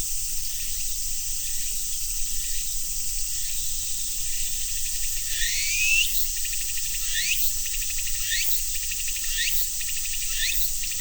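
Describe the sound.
Cicada drone hisses continuously at a high pitch; partway through, a run of brief upward-sweeping chirps starts and recurs roughly every second.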